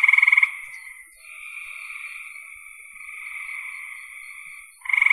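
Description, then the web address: Frogs calling: a loud pulsed trill opens and closes the passage, with a long run of softer overlapping buzzy trills between. "cn frogs"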